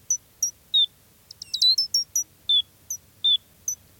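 Gray's lark calls: high, thin whistled notes, some dropping in pitch, given at irregular intervals over a low steady background hum.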